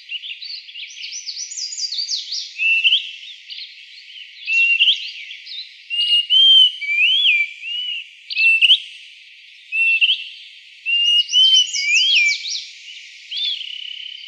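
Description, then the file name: Greater pewee giving slurred, rising and falling whistles in spaced bursts, mixed with busy high chirping notes. Arizona. "GRPE 2 deviche"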